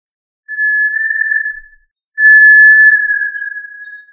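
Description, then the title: Tinamou call: two pure, level whistles, the second longer at about two seconds, each easing slightly lower at the end, with silence around them. "Familia Tinamidae - Quail - Puyuh"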